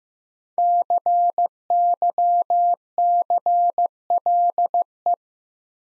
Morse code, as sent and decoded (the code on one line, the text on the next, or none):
-.-. -.-- -.-. .-.. .
CYCLE